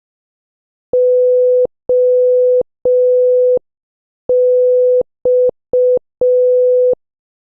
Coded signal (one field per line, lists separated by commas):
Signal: Morse code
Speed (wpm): 5 wpm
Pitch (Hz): 500 Hz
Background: none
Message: OX